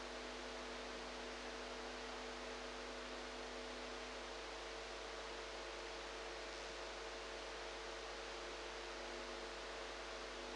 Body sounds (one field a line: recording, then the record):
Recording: brain microelectrode recording played as sound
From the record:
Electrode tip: outside the subthalamic nucleus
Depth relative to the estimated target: -4 mm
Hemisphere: right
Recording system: NeuroSet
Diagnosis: Parkinson's disease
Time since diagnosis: 8 years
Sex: female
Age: 45 years